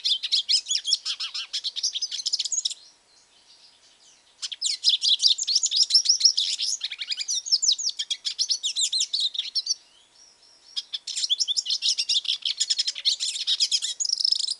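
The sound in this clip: Hooded siskin giving long phrases of fast, high twittering with buzzy trills, separated by two pauses of a second or more.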